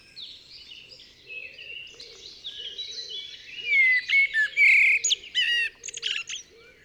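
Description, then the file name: Eurasian blackbird song: one phrase of low fluted whistles running into a quick high squeaky twitter, over a soft low pulsing sound repeated about twice a second. "Turdus merula"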